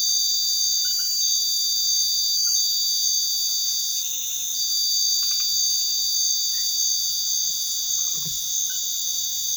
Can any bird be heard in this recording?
no